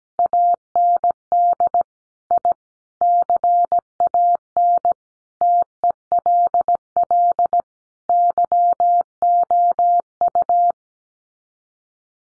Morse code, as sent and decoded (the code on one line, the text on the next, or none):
.- -. -.. / .. / -.-. .- -. / - . .-.. .-.. / -.-- --- ..-
AND I CAN TELL YOU